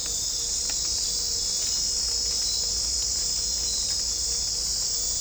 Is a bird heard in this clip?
no